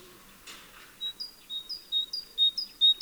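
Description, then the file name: Great tit singing a rapid run of paired whistles after a brief rushing noise at the start. "Parus major"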